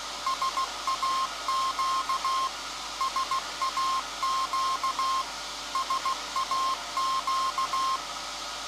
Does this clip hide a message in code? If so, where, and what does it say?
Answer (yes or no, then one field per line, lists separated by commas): yes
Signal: Morse code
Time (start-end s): 0.3-8.0 s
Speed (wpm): 16 wpm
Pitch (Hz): 1060 Hz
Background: none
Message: SAQ SAQ SAQ